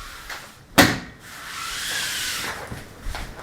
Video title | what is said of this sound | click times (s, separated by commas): RAM TRX Bed Mods You Should Do!! | you'll hear that click | 0.8 s